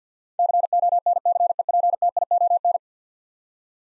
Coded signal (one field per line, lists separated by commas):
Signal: Morse code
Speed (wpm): 48 wpm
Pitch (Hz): 700 Hz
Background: none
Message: CONCEPTION